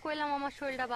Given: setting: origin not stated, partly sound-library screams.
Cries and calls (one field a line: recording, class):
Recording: one-second piece from a danger detection set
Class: normal situation